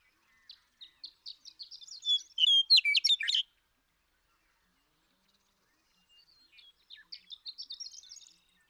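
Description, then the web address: Western meadowlark song: a run of high notes builds into a loud, gurgling, fluty phrase, then a softer second phrase follows after a pause. "birdsongforthecurious Western Meadowlark"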